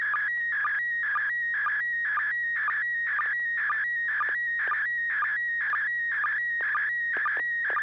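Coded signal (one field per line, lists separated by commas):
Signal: SSTV (slow-scan television)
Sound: rhythmic warbling tone sweeping around 1.5-2.3 kHz with regular short low chirps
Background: low hum, radio hiss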